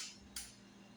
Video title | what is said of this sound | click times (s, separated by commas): how to wire a single station smoke detector and what you need to do for multiple detector wiring | push it in like this. You'll hear it pop. | 0.4 s